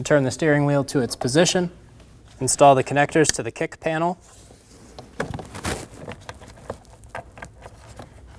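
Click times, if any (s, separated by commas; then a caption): none. Someone talks, then wiring harness connectors are handled at the kick panel of a 2008-2015 Scion xB during an ignition starter switch replacement, with sharp plastic-like knocks and rustling after about 5.2 s. The connectors are not yet home, and nothing has seated or clicked yet.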